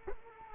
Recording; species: mosquito wingbeat signal from an infrared sensor; Culex quinquefasciatus